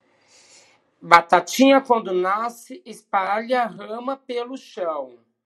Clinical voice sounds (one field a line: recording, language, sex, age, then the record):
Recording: short text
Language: Brazilian Portuguese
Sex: male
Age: 30 to 39 years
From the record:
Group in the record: control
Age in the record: 39 years